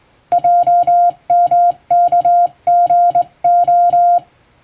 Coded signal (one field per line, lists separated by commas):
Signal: Morse code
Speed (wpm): 21 wpm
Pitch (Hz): 700 Hz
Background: music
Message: JMKGO